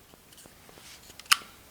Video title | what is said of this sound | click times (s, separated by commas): How to remove old vehicle wraps | all right so that's locked into place like so now | 1.3 s